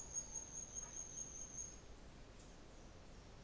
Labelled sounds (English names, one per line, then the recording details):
New Zealand Fantail
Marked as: faintness 1/5, faintness 4/5
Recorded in New Zealand on 24 December 2018
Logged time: 14:10